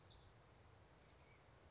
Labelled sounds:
California Towhee

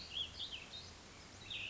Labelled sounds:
Cassin's Vireo

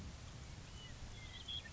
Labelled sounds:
Western Meadowlark

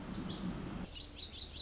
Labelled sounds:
Pacific Wren

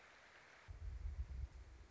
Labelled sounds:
American Robin

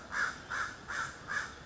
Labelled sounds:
American Crow

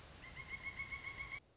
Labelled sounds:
Pileated Woodpecker

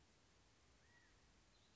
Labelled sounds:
California Quail

